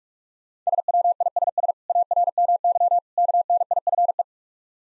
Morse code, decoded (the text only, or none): SWISS ARMY KNIFE